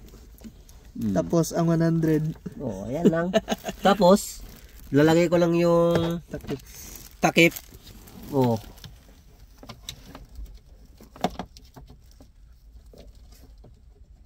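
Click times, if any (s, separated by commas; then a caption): none. Someone talks while handling the plastic cover of a car air filter housing after inserting a new car air filter, with a few short, faint taps and knocks, including sharper ones near 9.9 s and 11.2 s. The cover is being fitted back on, but nothing has seated or clicked yet.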